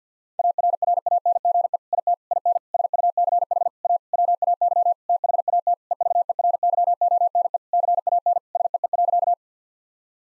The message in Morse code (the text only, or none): ARRANGE IT IN SUCH A WAY THAT EVERYONE CAN SEE.